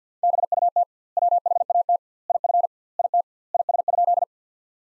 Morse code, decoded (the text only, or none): BUT WHAT IF IT IS?